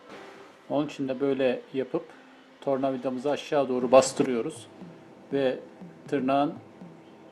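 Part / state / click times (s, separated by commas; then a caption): plastic housing clip into the bread maker body / not seated / none. A screwdriver is pressed down on a plastic housing clip (tab) of an Arçelik Ekmekçim bread maker to push it into the body during a belt replacement, while someone talks throughout. No click is heard, and nothing has seated or clicked yet when the clip ends.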